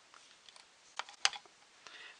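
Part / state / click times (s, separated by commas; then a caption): cooling fan cable connector into Mac mini board slot / seated / 1.2 s. While reassembling a Mac mini, the cooling fan is put back in place and its cable connector is pushed into its slot on the board. Faint plastic ticks and a small click at 1.0 s lead to one sharp, loud click at 1.3 s, with a lighter tick near 1.9 s. The connector seats at 1.3 s.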